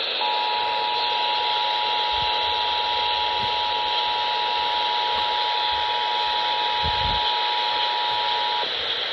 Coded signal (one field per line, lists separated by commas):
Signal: Emergency Alert System (SAME) tones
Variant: 853 and 960 Hz attention tone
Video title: [EAS #92] Colorado RMT on KOA